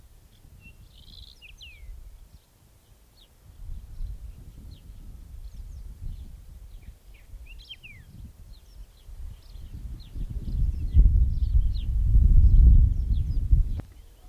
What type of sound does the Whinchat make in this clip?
song